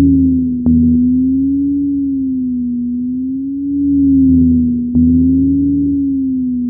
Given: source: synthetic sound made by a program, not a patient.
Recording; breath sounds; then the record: synthetic breath sounds; monophonic wheeze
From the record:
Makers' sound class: wheeze